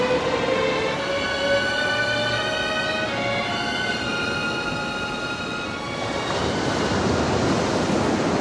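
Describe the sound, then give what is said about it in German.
A continuous roar of surf washes steadily onto a beach with sharp reefs, then swells into a louder rushing surge near the end, with a faint steady tonal hum running underneath and no voices. “Die Riffe sind scharf und wenn Sie in die Wellen hineinkommen, sind Sie verloren.”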